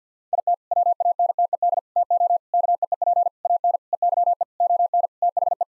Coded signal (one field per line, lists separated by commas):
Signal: Morse code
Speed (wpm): 49 wpm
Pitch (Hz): 700 Hz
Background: none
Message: IT WANTED TO KEEP AN EYE ON THE